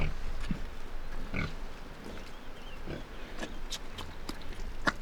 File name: Two pigs by the river grunting and squealing Iruya Northwest